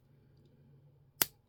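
A tight plastic wrist peg is pushed into a swap-out hand on an OC Toys 005 third-party Figuarts-style Super Vegito action figure. Over a quiet low background hum, one loud, sharp snap rings out at 1.2 s as the peg seats firmly in the hand.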